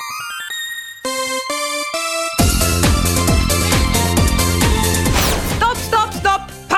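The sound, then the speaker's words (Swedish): A short, loud musical jingle: a few sustained electronic tones step upward, then a busy full-band burst with punchy drums and a swooping sweep takes over, ending abruptly. No one speaks. “In med jingen bara.”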